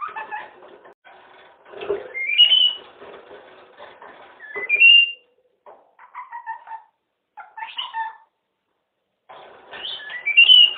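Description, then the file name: Red-fronted parrot mixing rising whistles with raspy chatter, clicks and short tonal notes in uneven bursts, separated by brief silences. Pet parrot. "kongolezskii popugai liza"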